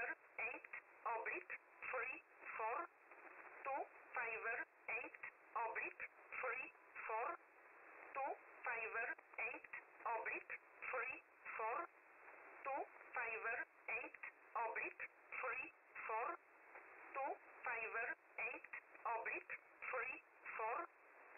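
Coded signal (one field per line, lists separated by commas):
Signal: numbers station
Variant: E11, English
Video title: Spy Numbers, E11, 7850 Khz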